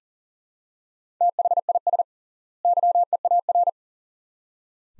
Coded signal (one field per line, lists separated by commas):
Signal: Morse code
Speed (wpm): 40 wpm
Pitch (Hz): 700 Hz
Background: none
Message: THIS YEAR